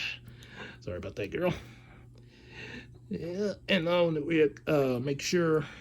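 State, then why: Not seated. Someone talks while handling the beast-mode section of a plastic transforming toy robot, moving it toward its locked position, with faint handling taps in the background. The clip ends before the part snaps into place, and nothing has seated yet.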